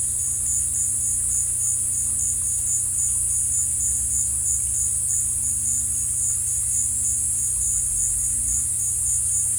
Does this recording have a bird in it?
no